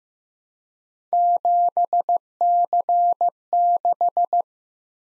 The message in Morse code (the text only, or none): 7C6